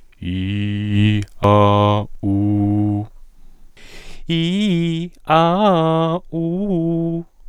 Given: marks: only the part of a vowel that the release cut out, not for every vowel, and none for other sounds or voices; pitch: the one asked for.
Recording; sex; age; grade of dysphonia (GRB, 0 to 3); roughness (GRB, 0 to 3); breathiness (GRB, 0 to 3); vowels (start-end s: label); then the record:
sustained vowels; male; 40 to 49 years; 0; 0; 0
0.33-1.14 s: vowel /i/, low pitch
2.31-2.94 s: vowel /u/, low pitch
4.35-4.98 s: vowel /i/, low-high-low pitch
5.37-6.11 s: vowel /a/, low-high-low pitch
6.40-7.14 s: vowel /u/, low-high-low pitch
From the record:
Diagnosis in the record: dysphonia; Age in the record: 41 years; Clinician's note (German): Transsexuell